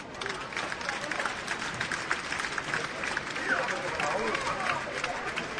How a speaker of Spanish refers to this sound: Un 10 puntos para cualquiera. Y un fuerte aplauso, por favor, sí.